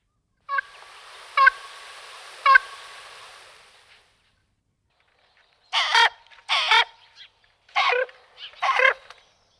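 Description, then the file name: Common raven calls: three short notes, then a pause and a run of loud, rasping, broken croaks in a quick series. "Krkavec velky Corvus corax"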